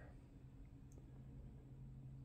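Someone works a plastic Lego minifigure head onto the torso stud, and there are only faint handling rustles and soft ticks over a steady low hum. The part has not seated or clicked yet.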